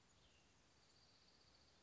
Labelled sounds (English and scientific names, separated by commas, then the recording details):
Cassin's Vireo (Vireo cassinii)
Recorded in Sonoma County, California